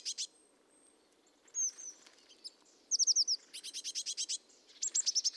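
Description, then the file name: Eurasian blue tit calling with high thin notes, quick descending trill-like series and rapid ticking bursts, repeated several times. "Cyanistes caeruleus"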